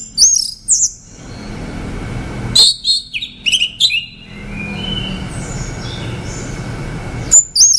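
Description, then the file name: Orange-headed Thrush singing a varied run of high, sharp whistled notes and quick slurred phrases, with brief pauses between bursts over a soft background hiss. Male singing. "Tieng hoet lua trong hot"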